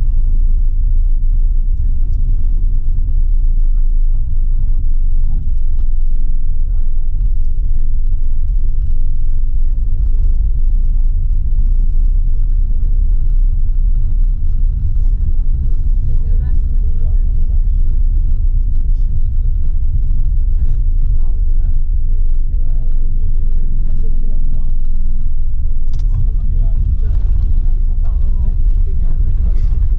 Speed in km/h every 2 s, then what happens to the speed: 17, 15, 13, 13, 15, 17, 18, 17, 16, 15, 13, 11, 9, 9, 8.
0-13 steady at about 15. 13-30 slows to 8.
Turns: 5-7.